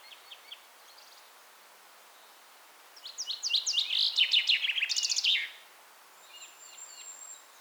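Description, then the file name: Common chaffinch song: an accelerating series of bright chips dropping in pitch into a rattling end flourish, about two and a half seconds long, with faint high notes before and after. "Fringilla coelebs"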